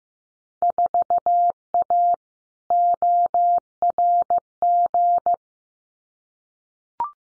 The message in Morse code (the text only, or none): 4A ORG